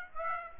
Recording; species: mosquito wingbeat signal from an infrared sensor; Aedes aegypti